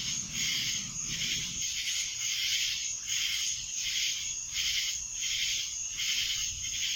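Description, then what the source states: Cicadas in a shrill, dense chorus that swells and fades in steady pulses, with a low rumble in the first second or two. Cicadas in Annapolis, July 2012.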